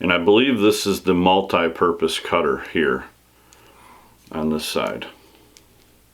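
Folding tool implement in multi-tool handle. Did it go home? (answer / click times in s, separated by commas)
yes / 5.6 s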